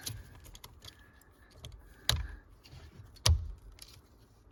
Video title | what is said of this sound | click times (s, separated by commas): KIA Sportage Remote Starter Installation Key Start Model 2017-2019 | right make sure that clicks into place it's good and secure | 2.1 s, 3.3 s